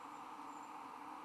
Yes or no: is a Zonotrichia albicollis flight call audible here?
no